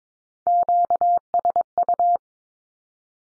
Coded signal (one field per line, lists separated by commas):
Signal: Morse code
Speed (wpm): 22 wpm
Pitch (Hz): 700 Hz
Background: none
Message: QSU